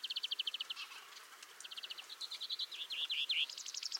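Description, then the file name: European greenfinch delivering fast, evenly spaced chattering notes, then after a short break near one second a jingling, slightly bouncing twitter that runs to the end of the four seconds. "Chloris chloris"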